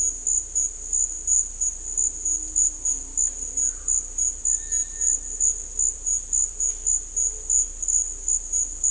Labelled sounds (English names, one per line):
Russet-backed Oropendola
Cinereous Tinamou